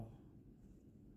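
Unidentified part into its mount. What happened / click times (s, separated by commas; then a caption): The part is being handled but has not seated yet / none. An unidentified part is being handled and lined up against its mount, with low, muffled rumbling and handling noise and a slightly louder moment at the very start. Someone talks briefly. Nothing has seated or clicked yet.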